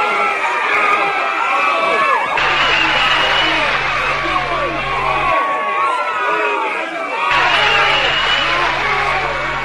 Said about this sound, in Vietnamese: Có rất nhiều tiếng lao xao, tiếng huýt sáo nổi lên đó đây.